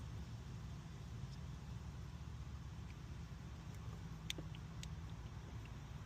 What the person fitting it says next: Okay, that clicked back in.